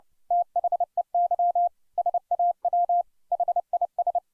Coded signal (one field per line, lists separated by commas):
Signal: Morse code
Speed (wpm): 30 wpm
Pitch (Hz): 700 Hz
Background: none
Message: THEY SAW HIS